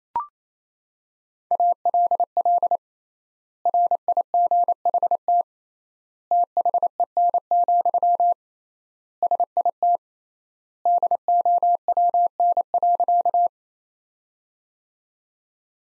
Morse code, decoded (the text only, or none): ALL RIGHT THEN, SIT DOWN.